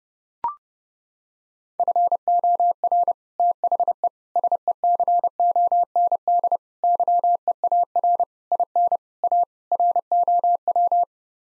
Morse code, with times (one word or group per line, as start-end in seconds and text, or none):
1.8-3.1 FOR
3.4-4.1 THE
4.4-6.6 SECOND
6.8-8.2 YEAR
8.5-9.0 IN
9.2-9.4 A
9.7-11.0 ROW